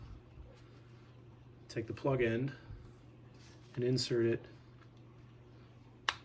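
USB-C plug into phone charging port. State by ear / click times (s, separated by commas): seated / 6.1 s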